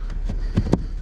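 On a 2015 Audi S5/A5, a plastic cabin air filter cover is pushed up under the dashboard into the filter housing. Faint knocks and rustles lead to a sharp click at 0.7 s, and the cover seats into place.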